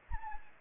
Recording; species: mosquito wingbeat signal from an infrared sensor; Anopheles arabiensis